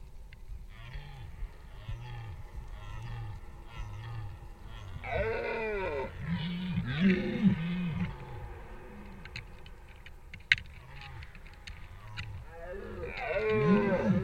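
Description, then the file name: Deer voicing low rhythmic grunts that swell into a longer, louder rough bellow midway, fade, then return as another harsh roar near the end. "ciervos"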